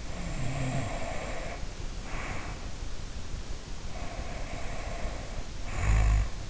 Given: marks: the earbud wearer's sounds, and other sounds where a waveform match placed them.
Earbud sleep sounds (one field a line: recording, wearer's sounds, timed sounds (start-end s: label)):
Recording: sounds in sleep by an in-ear microphone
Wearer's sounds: snoring breath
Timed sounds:
0.00-2.72 s: snoring breath
3.87-6.42 s: snoring breath